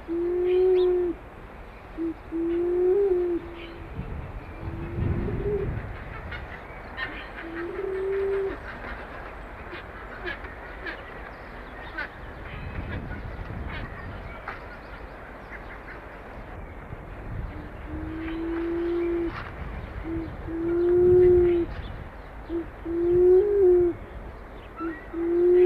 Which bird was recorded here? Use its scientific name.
Nesoenas mayeri